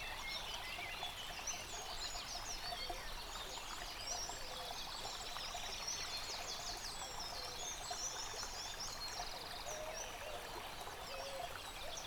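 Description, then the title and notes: Many birds chirping, warbling and trilling together without pause, mixed with the steady gurgle of a stream. Bird chorus recorded beside a stream at Dlouhý Důl, Krásná Lípa, Czechia, on a Zoom H6. "Dlouhý Důl 14, 407 47 Krásná Lípa, Czechia - Ptáci a potok. Ptačí sněm snímaný u potoka.. nahráno na ZOOM H6"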